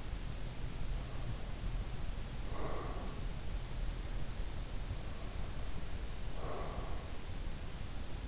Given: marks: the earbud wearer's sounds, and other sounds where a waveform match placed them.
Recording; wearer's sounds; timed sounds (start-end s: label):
sounds in sleep by an in-ear microphone; breath
0.83-3.44 s: breath
4.84-7.20 s: breath